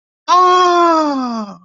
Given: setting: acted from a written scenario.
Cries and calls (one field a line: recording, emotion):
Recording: vocal sound without words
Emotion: positive surprise